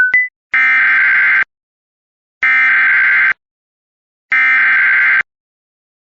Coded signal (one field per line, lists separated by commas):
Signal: Emergency Alert System (SAME) tones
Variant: header bursts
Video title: EAS #942-943 LAE AND EVI (this is only the beginning)